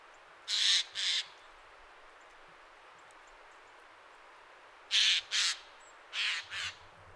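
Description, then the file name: Eurasian jay screeching: three pairs of loud, rasping calls, each pair quickly doubled; several seconds of quiet separate the first two pairs, and the third follows soon after the second. "Garrulus glandarius"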